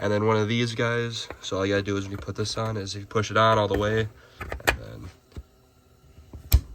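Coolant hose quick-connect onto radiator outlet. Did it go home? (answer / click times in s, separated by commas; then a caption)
yes / 6.5 s. Someone talks while a coolant hose quick-connect fitting is pushed all the way onto the radiator outlet nipple of a 2017 Explorer Interceptor during radiator replacement. A faint tick comes at 6.3 s, then a sharp, loud click at 6.5 s as the retaining clip locks and the fitting seats.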